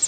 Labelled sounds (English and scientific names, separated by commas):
Pine Warbler (Setophaga pinus) flight call